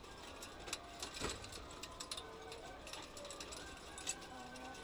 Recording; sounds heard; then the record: poultry house recording; healthy chickens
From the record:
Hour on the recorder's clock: 8